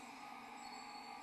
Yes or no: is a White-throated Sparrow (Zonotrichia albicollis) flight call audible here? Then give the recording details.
no. No flight call is heard. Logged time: 23:02 on 11 December 2014